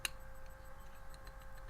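The file blade of a folding multi-tool is swung open until it locks into place in the handle lock, with a single sharp click at 0.1 s. Only a faint steady hum and small ticks follow, and the blade stays locked open.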